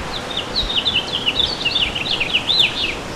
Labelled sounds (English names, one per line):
House Finch song